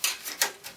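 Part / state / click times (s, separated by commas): motherboard I/O shield into PC case rear opening / seated / 0.0 s, 0.4 s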